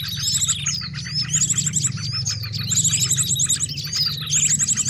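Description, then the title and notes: Birds in a chorus of many overlapping chirps and whistles, rapid high trilled phrases recurring, above a steady low hum. Many noisy birds calling together, used as a lure (pikat) for catching birds. "Master Burung Ribut Durasi Panjang. Burung Ribut Pikat"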